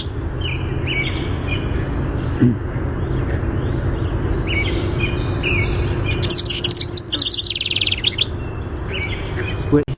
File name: HOWR song